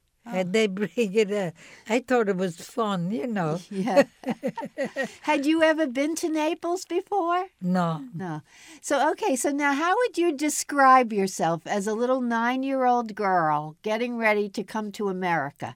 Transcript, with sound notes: and they bring it in. I thought it was fun, you know. (laughs)
Had you ever been to Naples before?
No.
No. So now how would you describe yourself, as a little nine year old girl getting ready to come to America?